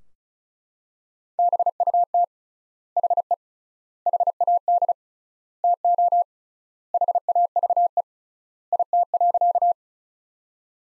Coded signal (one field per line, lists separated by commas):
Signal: Morse code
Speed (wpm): 35 wpm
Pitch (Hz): 700 Hz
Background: none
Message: BUT HE HAD TO HAVE IT.